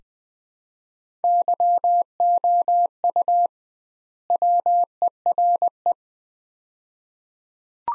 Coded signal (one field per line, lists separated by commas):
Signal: Morse code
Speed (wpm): 20 wpm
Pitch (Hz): 700 Hz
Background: none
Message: YOU WERE